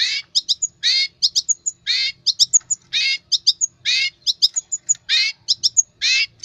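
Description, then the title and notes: Long-tailed shrike song: harsh, rasping notes alternate steadily with quick bursts of thin, high ticking whistles. Training recording for cage birds (masteran). "Cendet 07. Masteran Burung Cendet"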